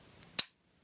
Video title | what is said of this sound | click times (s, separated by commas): SHOW AND TELL 83: Spike Bayonets, Enfield No. 4 Mk II, Long Branch, with steel tube scabbards | down and turn you should hear lock sound as | 0.4 s